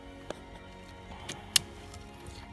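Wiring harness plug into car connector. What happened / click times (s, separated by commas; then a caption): The plug snapped home into its connector / 1.6 s. A wiring harness plug is pressed into a car connector with a little force during a BMW M3 rear backup camera install. Quieter ticks at 0.3 and 1.3 seconds lead up to one sharp, loud click at 1.6 seconds as the connector is pushed home and seats.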